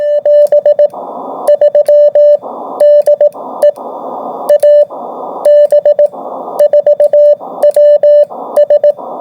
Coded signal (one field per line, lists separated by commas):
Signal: Morse code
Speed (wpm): 18 wpm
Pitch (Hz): 590 Hz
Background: radio noise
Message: <AS> 3 DE AB4WS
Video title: AB4WS RADIO SHOW 2025 11 14